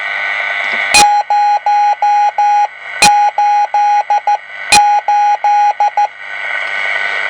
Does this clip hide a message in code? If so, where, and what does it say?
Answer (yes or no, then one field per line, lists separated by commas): yes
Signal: Morse code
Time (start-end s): 1.0-6.1 s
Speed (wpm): 14 wpm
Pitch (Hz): 830 Hz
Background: none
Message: 088